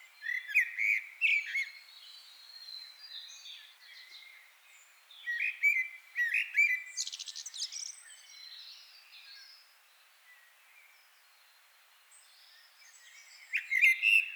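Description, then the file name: Common blackbird singing rich warbled phrases that close in thin, high twittering notes, several phrases spaced by short gaps, with faint background hiss. "Turdus merula"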